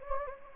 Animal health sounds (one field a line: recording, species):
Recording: mosquito wingbeat signal from an infrared sensor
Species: Anopheles gambiae